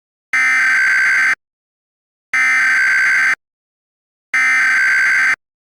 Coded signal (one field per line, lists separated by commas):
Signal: Emergency Alert System (SAME) tones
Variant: header bursts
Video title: Verizon FiOS EAS Fail Remake